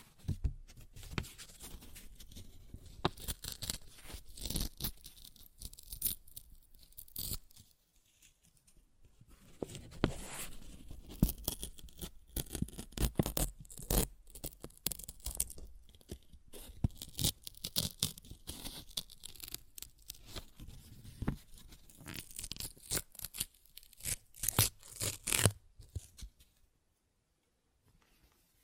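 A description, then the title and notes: Paper being ripped and torn in quick, crackly bursts, each tear a dense rattle of sharp fibrous snaps reaching from low thumps up to bright crackle. Tearing runs in stretches with brief pauses near 8 and 20 seconds, then stops abruptly around 26 seconds. ASMR Paper Ripping Tearing Sounds (No Talking).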